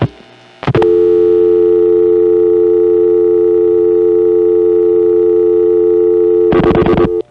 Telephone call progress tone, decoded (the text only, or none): dial tone